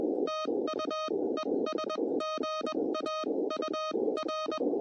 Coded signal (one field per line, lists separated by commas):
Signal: Morse code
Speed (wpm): 19 wpm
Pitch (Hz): 630 Hz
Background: none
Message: TU ES GA UR